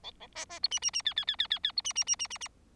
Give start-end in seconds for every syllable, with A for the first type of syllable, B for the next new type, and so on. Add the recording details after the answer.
0.03-0.12 A, 0.20-0.27 A, 0.35-0.45 B, 0.49-0.59 B, 0.63-0.69 C, 0.71-0.79 D, 0.82-0.91 D, 0.93-1.02 D, 1.05-1.14 E, 1.16-1.25 E, 1.27-1.36 E, 1.38-1.47 E, 1.50-1.59 E, 1.63-1.72 E, 1.76-1.81 C, 1.84-1.93 D, 1.95-2.04 D, 2.06-2.16 D, 2.19-2.27 D, 2.30-2.38 D, 2.40-2.48 D. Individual Bird4